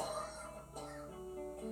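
A man coughs faintly in the background during a tuning break at a band's live show at the Colonial Resort, Cape Coral, Florida, two short rough bursts rising over a low murmur of voices.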